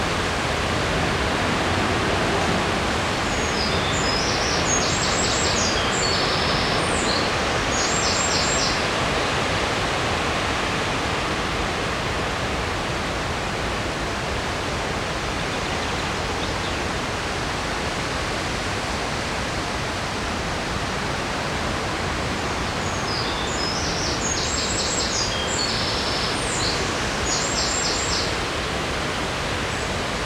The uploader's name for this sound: Sounds along the river in Odense, Denmark